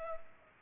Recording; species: mosquito wingbeat signal from an infrared sensor; Culex pipiens